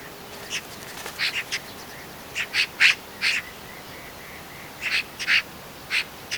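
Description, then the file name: Eurasian magpie giving harsh, rasping chattering calls: dry noisy notes singly and in quick bursts of up to three, separated by short pauses, over faint background hiss. "Pica pica"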